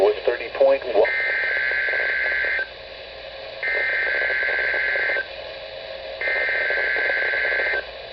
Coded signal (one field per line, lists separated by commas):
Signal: Emergency Alert System (SAME) tones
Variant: header bursts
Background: speech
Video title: [EAS #164-166] Mmm Leftovers. | WWF54 | NOAA Weather Radio